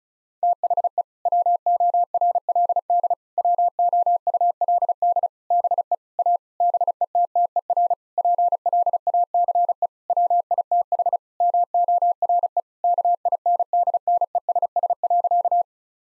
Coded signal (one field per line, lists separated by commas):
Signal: Morse code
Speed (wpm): 34 wpm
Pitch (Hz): 700 Hz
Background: none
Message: THE WORLD WOULD BE A BETTER PLACE WITH MORE KINDNESS.